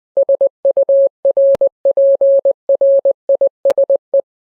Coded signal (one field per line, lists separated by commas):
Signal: Morse code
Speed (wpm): 20 wpm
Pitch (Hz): 550 Hz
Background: none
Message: SURPRISE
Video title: Fun 2 Rhyme but with Morse code